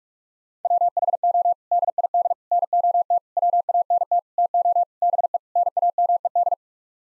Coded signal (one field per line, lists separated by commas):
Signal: Morse code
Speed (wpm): 41 wpm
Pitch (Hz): 700 Hz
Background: none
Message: WHO DID NOT WANT TO BE NAMED